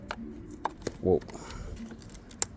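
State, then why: Released. The plastic lock on the electrical connector of an ignition coil on a 2020 Infiniti QX50 is released during a spark plug job, clicking open sharply at 2.4 s. Several fainter ticks come before it, and someone talks briefly around 1.1 s.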